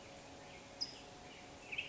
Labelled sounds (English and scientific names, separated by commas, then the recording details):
California Towhee (Melozone crissalis)
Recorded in Sonoma County, California